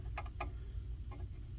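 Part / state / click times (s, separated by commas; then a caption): remote thermostat antenna plug into PTAC control board / seated / 0.4 s. The plug of a remote thermostat's wireless antenna, which only fits one way, is pushed into its socket on an Amana PTAC control board. Short, sharp plastic ticks come at about 0.2 s and 0.3 s, then the loudest click at 0.4 s, with a fainter tick near 1.1 s, all over a steady low hum. The plug seats with the click at 0.4 s.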